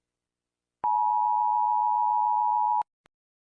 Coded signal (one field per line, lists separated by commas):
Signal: Emergency Alert System (SAME) tones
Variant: 853 and 960 Hz attention tone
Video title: The World Ends:EAS scenario